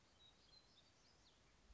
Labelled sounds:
Black-throated Gray Warbler
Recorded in Sonoma County, California

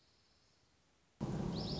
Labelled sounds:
Dark-eyed Junco
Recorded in Sonoma County, California

